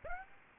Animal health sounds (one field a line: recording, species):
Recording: mosquito wingbeat signal from an infrared sensor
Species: Aedes aegypti